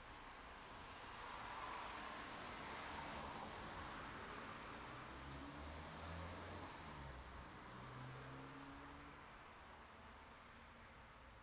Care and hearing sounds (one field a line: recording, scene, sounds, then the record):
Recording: everyday scene through a hearing-aid microphone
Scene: in traffic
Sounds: traffic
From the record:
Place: city secondary road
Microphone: in the ear canal, right